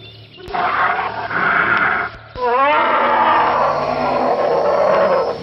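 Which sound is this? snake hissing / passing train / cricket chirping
snake hissing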